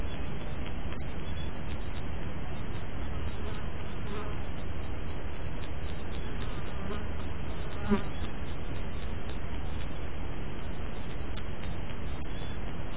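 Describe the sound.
Crickets chirping: an unbroken, even high-pitched pulsing trill over steady low background noise.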